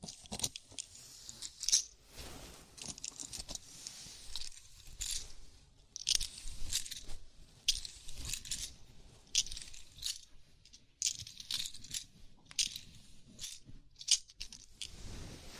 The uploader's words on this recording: ASMR Sleepy Scalp Massage (No Talking).